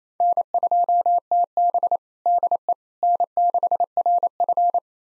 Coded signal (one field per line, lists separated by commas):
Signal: Morse code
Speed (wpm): 28 wpm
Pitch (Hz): 700 Hz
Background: none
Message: N2TB DE N6RF